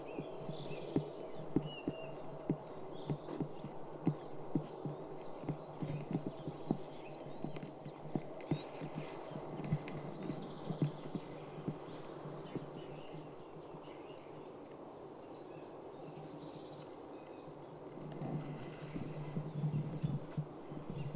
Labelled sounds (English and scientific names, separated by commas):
Goldcrest (Regulus regulus) call